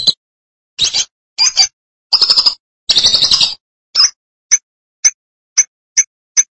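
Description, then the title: Lovebird calls: several harsh buzzy bursts, followed by a series of short sharp high chirps spaced about half a second apart. "BM Suara Burung Lovebird"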